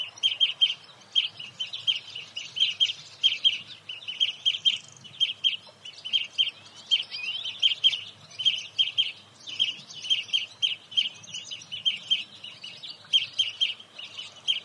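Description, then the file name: European greenfinch calling steadily, clusters of twittering chirps and trills repeated throughout, brief pauses between bursts, low faint rumble in the background. "Chloris chloris"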